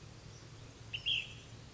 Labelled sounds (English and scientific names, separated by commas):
Ash-throated Flycatcher (Myiarchus cinerascens)